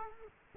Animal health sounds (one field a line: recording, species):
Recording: mosquito wingbeat signal from an infrared sensor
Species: Culex quinquefasciatus